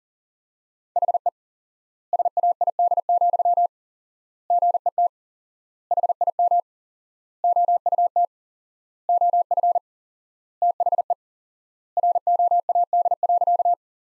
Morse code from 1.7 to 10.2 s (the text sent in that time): SAID, GET HIM OUT OF